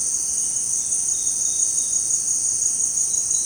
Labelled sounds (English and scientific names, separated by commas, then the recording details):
none
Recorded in secondary vegetation near Puerto Asís, Putumayo, Colombia, on 25 June 2025 at 17:30
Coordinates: 0.484, -76.319
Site G074